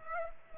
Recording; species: mosquito wingbeat signal from an infrared sensor; Culex pipiens